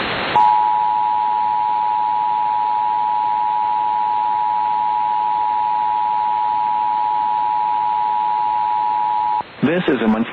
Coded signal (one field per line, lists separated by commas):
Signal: Emergency Alert System (SAME) tones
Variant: 853 and 960 Hz attention tone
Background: speech